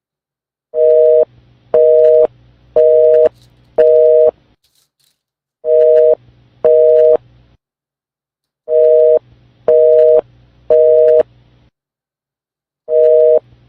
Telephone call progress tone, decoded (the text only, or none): busy tone